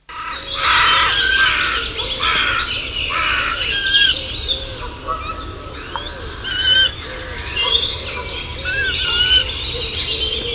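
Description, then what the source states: Birds calling together: harsh, caw-like squawks overlap with short whistled and chirping notes throughout. Birds in the woods.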